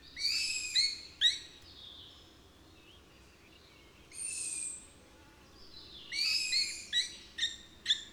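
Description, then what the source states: Long-eared owl begging calls: harsh, noisy, high barks and longer drawn rasps at irregular intervals, with a quick run of barks near the end. Juvenile owls giving barking begging calls.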